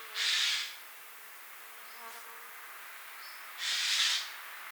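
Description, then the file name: Eurasian jay with two loud, rasping screeches separated by about three seconds of quiet background. "Garrulus glandarius"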